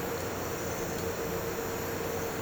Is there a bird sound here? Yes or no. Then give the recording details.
no. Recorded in pastures near Puerto Asís, Putumayo, Colombia, on 4 March 2025 at 11:00. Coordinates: 0.466, -76.322. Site CSA-02